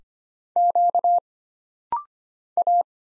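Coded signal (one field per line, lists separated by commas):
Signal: Morse code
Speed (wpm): 25 wpm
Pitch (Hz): 700 Hz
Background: none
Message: Q A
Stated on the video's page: Computer-generated Morse at 25 wpm for rapid-fire single-character recognition drill: letters, numbers, punctuation and prosigns, each character sent twice.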